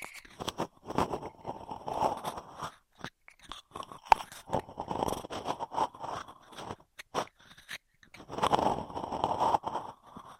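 Straw sounds crinkle and crunch in dense, irregular bursts with sharp clicks between them, busiest near the start, middle and final seconds.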